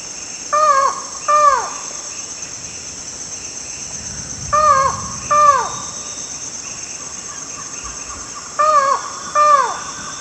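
Buckley's forest falcon repeating a two-note nasal call three times at roughly four-second intervals, notes dropping in pitch, over steady insect noise.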